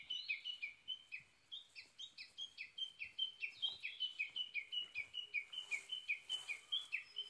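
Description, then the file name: Japanese bush warbler repeating quick, high notes in an unbroken rhythmic series, roughly two to three per second. Recorded 22 May 2011 at 05:58. "uguisu-20110522-0558"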